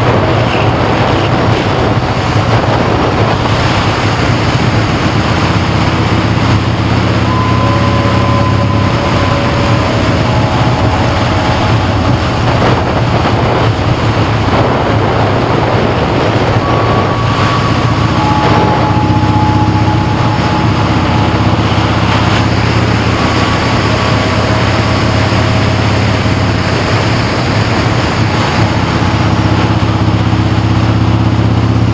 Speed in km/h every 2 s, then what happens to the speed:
52, 56, 63, 56, 64, 58, 55, 52, 53, 53, 56, 60, 61, 60, 50, 58.
0-3 speeds up to 63. 13-23 speeds up to 61. 23-32 steady at about 58.